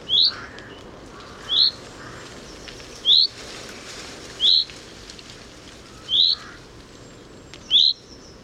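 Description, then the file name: Common chaffinch calls: several short, bright upswept notes repeated at a steady pace over a soft background hiss. "Fringilla coelebs"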